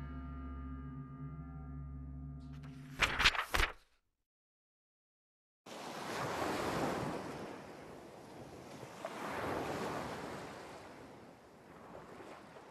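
A low steady drone and a brief crackling burst give way to silence, then waves break on the shore in broad, hissing surges that swell and recede several times.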